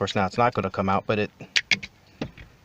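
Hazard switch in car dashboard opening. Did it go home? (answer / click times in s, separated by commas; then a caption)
released / 1.7 s. Someone talks while the hazard/turn signal switch in an Oldsmobile Alero's dashboard is pushed and pried out of its dash opening. One loud, sharp snap at 1.7 s, followed by a few faint clicks, as the switch pops right out with little force.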